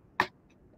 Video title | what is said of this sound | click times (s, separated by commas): Let’s build a LEGO Shuttle!!! | oh it's a nice click | 0.2 s